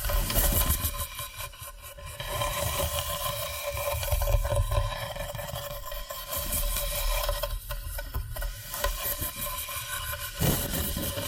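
Rapid tapping and scratching run continuously, a dense stream of small crisp strikes with brief bursts near two, eight and ten seconds. Underneath sits a steady low hum with a constant mid-pitched tone, and the level stays fairly even throughout.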